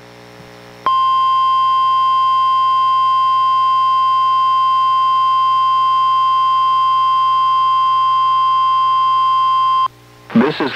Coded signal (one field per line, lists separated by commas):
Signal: Emergency Alert System (SAME) tones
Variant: 1050 Hz attention tone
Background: speech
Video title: EAS #907: NWR Required Weekly Test- Jan. 31, 2024- 11:07AM PST